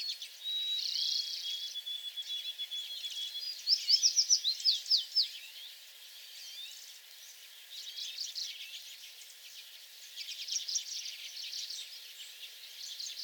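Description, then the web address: American tree sparrow song: a brisk string of high, sweet notes after a long thin whistle, over continuous high twittering. Recorded on 28 April 2022; several songs. "soundrecordings 2022-04-28 American Tree Sparrow songs"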